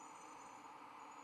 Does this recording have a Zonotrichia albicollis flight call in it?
no